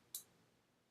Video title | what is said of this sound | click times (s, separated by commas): Three Fives Kit // Evil Mad Scientist Labs | we go you might have heard that little click on there | 0.2 s